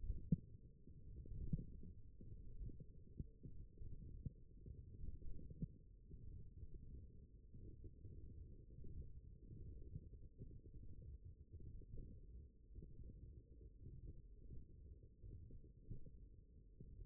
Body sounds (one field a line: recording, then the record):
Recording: forearm muscle sounds (acoustic myography)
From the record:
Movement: ulnar deviation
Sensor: system 1, eight BSWA MPA416 microphones around the upper forearm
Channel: 5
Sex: male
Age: 42 years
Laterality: right